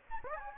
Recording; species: mosquito wingbeat signal from an infrared sensor; Anopheles gambiae